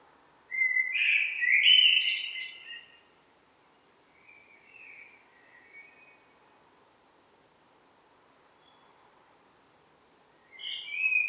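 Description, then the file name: Common blackbird song: one fluted, warbling phrase ending in a brief high twitter, then a long pause with faint notes, and a new phrase starting at the end. "Turdus merula"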